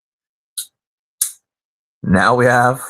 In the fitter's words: Push that down till it locks.